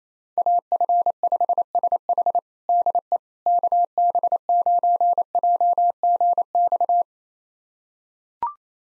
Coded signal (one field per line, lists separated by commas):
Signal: Morse code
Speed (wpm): 27 wpm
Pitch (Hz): 700 Hz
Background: none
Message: AF5SH DE KB9JGX